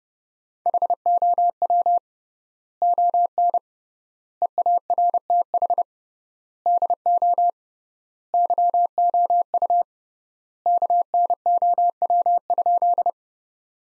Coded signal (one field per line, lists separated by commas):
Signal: Morse code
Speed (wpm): 30 wpm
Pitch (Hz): 700 Hz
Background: none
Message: HOW ON EARTH DO YOU KNOW?